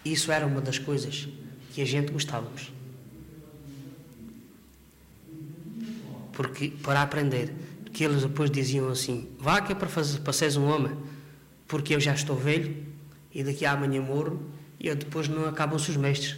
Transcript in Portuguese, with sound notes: Isso era uma das coisas que a gente gostávamos, [pausa] porque para aprender. Porque eles depois diziam assim: "Vá que é para faze- para seres um homem, porque eu já estou velho e daqui a amanhã morro e depois não acabam-se os mestres